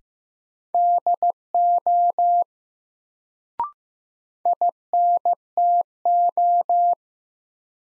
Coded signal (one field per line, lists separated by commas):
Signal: Morse code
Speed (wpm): 15 wpm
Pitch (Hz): 700 Hz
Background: none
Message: DO INTO